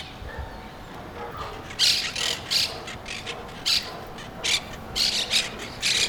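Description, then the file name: Monk parakeet squawks, a series of loud grating screeches in quick bursts, some paired, roughly every half second to second, over faint background noise. Brooklyn. "brooklyn parrots"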